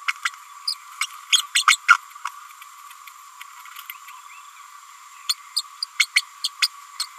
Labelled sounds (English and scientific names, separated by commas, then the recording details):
Green-rumped Parrotlet (Forpus passerinus) babbling
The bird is a female
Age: 30 days
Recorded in a nest box in Venezuela
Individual 17B102A6